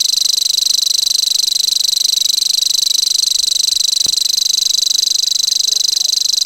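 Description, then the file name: Common grasshopper warbler reeling song, a high, dry, insect-like trill held unbroken and even throughout, with only faint background sounds beneath it. "grasshopper warbler omkicau"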